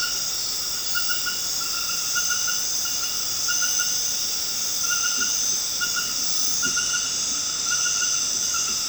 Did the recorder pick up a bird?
no